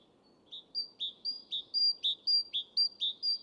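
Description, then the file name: Great tit singing a run of two-note see-saw phrases, alternating a high and a lower note, about six repetitions. "Parus major"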